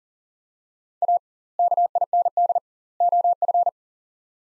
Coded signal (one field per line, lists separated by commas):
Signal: Morse code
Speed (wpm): 40 wpm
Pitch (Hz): 700 Hz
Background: none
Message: A KIND OF